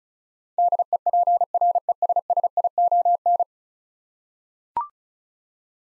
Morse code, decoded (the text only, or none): DEPRESSION